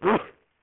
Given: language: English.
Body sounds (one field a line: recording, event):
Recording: throat vibration sensor signal played as sound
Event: cough